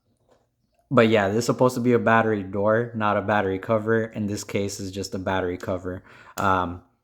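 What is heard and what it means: A printed battery cover on a Korbanth SK Rogue Apprentice V3 lightsaber hilt chassis is handled while someone talks throughout. No click is heard, and the cover has not yet snapped into place.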